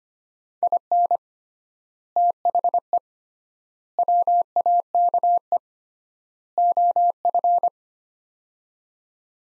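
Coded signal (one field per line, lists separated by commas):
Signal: Morse code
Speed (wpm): 25 wpm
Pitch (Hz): 700 Hz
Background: none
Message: IN THE WAKE OF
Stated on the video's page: Morse practice of four-word sets at 25 wpm with 3x word spacing, a Farnsworth-like method; words sent in Morse, then spoken, then sent again.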